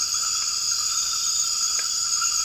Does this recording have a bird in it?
no